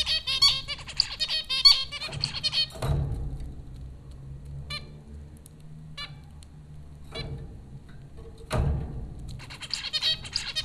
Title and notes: Dronecast: The Popcorn Finches Four from Apr 15, 2009. Zebra finches recorded by Dan Bodah at Popcorn School, Flatbush, Brooklyn NY in April 2009